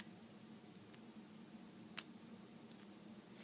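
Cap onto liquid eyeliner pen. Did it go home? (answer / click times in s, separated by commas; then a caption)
no / none. A plastic cap is pushed back onto a gray liquid eyeliner pen against a quiet, steady background hum, with only one faint, brief tap near 2.0 s. The cap does not snap on completely and nothing has clicked into place, which could let the eyeliner dry out or let the cap pop off if knocked around while traveling.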